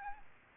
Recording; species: mosquito wingbeat signal from an infrared sensor; Aedes albopictus